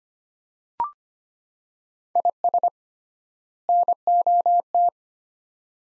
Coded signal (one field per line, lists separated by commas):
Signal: Morse code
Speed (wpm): 25 wpm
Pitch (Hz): 700 Hz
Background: none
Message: IS NOT